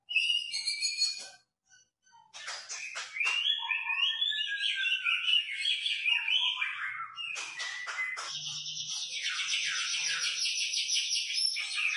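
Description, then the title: White-rumped shama song mixing clicks, slurred whistled phrases and a long buzzy, scratchy stretch. Lure recording of an actively singing bird, meant to make a shama respond at once. "PANCINGAN MEWAH MURAI BATU GACOR, SEKALI DENGAR AMPUH LANGSUNG RESPON"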